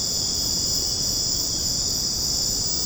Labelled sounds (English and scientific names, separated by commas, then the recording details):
none
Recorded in secondary vegetation near Puerto Asís, Putumayo, Colombia, on 12 March 2025 at 22:00
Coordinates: 0.481, -76.318
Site G097